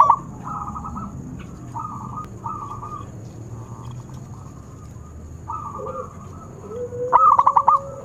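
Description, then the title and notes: Zebra dove song: soft trilled coo phrases through most, ending in one loud burst of rapid staccato notes, with a faint steady high whine. Long-duration lure recording of an actively singing zebra dove (perkutut). "Pancingan Perkutut Durasi Panjang. Suara Burung Perkutut Gacor"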